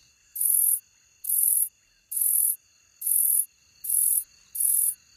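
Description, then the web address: Robust shieldback giving six hissing, buzzy bursts in an even rhythm, about one each second, with quiet gaps between them. Recorded in North America. "Songs of Insects 59-Robust Shieldback"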